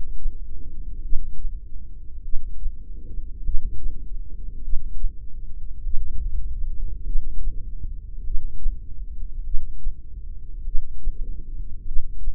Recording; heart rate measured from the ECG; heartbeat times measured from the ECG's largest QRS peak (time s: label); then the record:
heart sounds by microphone in the left ear; 50 bpm
1.04 s: heartbeat
2.25 s: heartbeat
3.46 s: heartbeat
4.64 s: heartbeat
5.85 s: heartbeat
7.07 s: heartbeat
8.26 s: heartbeat
9.46 s: heartbeat
10.67 s: heartbeat
11.87 s: heartbeat
From the record:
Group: heart failure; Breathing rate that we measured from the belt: 16 breaths a minute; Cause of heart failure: cardiac sarcoid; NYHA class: 1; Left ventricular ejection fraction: 39%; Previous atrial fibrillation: present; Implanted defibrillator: present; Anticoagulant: apixaban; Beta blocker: carvedilol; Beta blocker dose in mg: 50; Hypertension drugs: ramipril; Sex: male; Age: 79 years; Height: 184 cm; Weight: 92.5 kg